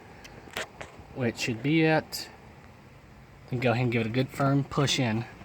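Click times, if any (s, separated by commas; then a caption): none. A glove box assembly is handled at the dashboard opening of a 2017 Fusion, in line to be pushed firmly in so its plastic retaining clips snap into the dash. Brief knocks at about 0.3, 0.6 and 0.8 seconds sit against a steady low background while someone talks. Nothing has seated or clicked yet.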